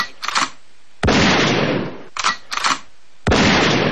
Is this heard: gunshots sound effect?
yes